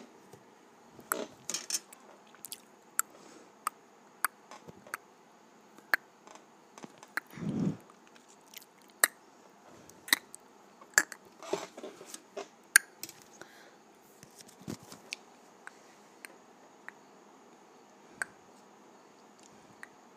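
Tongue clicks pop out in a loose, irregular series, sharp and bright, some in quick bunches around the first few seconds and near twelve seconds, then sparser toward the end. A low thump near seven and a half seconds stands out, over a quiet steady hiss.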